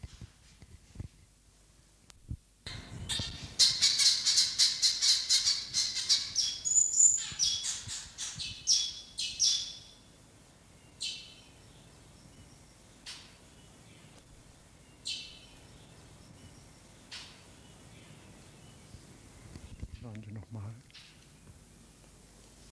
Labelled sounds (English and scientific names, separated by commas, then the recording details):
Taveta Weaver (Ploceus castaneiceps) call
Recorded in captivity
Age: adult
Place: Zoo Berlin, Berlin, DE
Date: 2003-06-27 17:42
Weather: fair, 25°C
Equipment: Fair Mate ST-1328 (Asahi Electronics, Japan), Sennheiser ME 80, Kopie Uher 4000 Report Monitor
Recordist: Tembrock, Günter